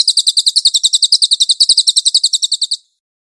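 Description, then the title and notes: Cililin singing a quick series of piercing, high chirps at an even pace, fading out into silence near the end. "SUARA BURUNG CILILIN. CICILIN"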